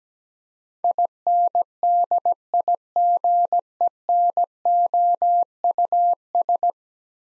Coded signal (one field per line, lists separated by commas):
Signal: Morse code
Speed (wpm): 17 wpm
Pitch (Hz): 700 Hz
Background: none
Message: INDIGENOUS